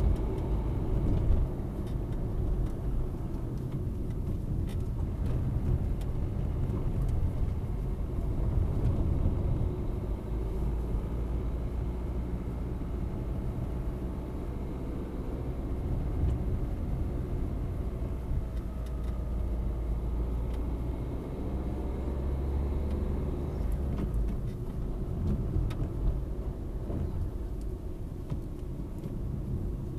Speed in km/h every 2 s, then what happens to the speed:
42, 35, 25, 23, 26, 29, 29, 31, 30, 28, 31, 36, 35, 34, 30.
0-5 brakes to 23. 5-14 speeds up to 31. 14-19 steady at about 30. 19-22 speeds up to 36. 22-30 slows to 30.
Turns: none.